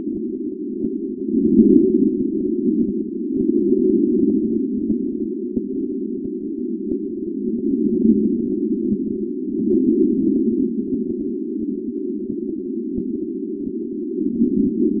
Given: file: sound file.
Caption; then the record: Lung sound recorded in a patient of Type III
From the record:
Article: A two-stage amplified PZT sensor for monitoring lung and heart sounds in discharged pneumonia patients